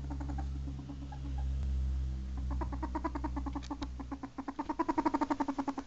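Ferret giving rapid, irregular clucking pulses that grow louder toward the end, over a low steady hum in the first four seconds.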